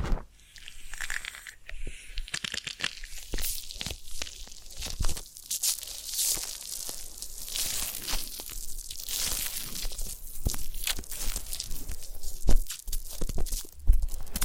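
Ear cleaning and massage sounds: a steady run of crisp, crinkling scratches and rubbing, bright and hissy with little low end. Quick clicks and crackles come thick and uneven throughout, with sharper bursts near five, twelve and fourteen seconds.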